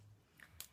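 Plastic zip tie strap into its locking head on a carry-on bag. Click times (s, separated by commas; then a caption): 0.4 s, 0.6 s. A plastic zip-tie style strap on a carry-on bag is threaded through the small locking hole of its head for luggage security during packing. It clicks through its lock with two short hits, a lighter one at 0.4 s and a sharper, louder one at 0.6 s, and the strap is seated.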